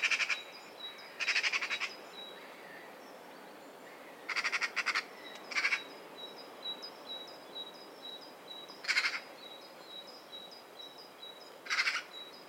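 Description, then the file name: Eurasian magpie repeating short harsh chattering bursts every few seconds, rasping and rapid, while another bird keeps up a steady series of thin high-pitched notes in the background. "Pica pica"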